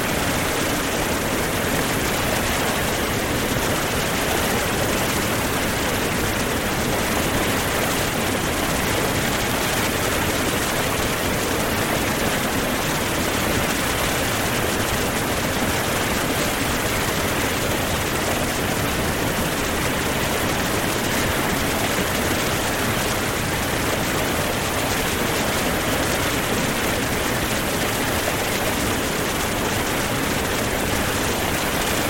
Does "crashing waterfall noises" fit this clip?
yes